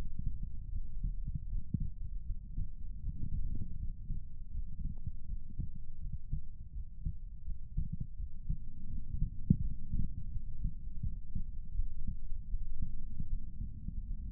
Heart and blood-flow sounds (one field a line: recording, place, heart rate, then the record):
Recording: heart sounds by stethoscope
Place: pulmonary valve (PV)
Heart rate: 81 bpm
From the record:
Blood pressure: 117/76 mmHg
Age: 35 years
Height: 180 cm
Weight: 80 kg